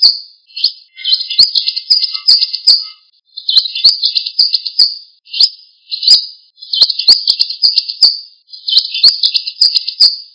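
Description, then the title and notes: Bird song in long high twittering phrases mixed with sharp clicks and brief pauses, with fainter lower whistles early on. Songs of Indonesian birds. "Kicau Burung Indonesia"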